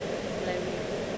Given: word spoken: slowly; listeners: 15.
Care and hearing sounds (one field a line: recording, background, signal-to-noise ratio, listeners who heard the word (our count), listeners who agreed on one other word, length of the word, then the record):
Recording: one English word in noise, from a listening test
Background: speech-shaped noise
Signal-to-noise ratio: -5.8 dB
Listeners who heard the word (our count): 1 of 15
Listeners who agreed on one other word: 8 of 15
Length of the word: 0.78 s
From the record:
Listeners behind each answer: 8, 1, 1, 1, 1, 1, 1, 1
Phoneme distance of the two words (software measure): 14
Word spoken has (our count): 2 syllables, 5 phonemes, stress on syllable 1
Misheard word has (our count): 2 syllables, 5 phonemes, stress on syllable 1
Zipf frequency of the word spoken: 4.57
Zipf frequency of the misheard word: 4.35